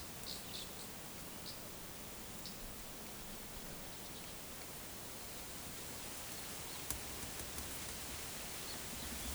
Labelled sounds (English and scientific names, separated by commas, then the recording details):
none
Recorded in forest near Pivijay, Magdalena, Colombia, on 15 April 2023 at 16:30
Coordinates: 10.467, -74.380
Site Z5-G034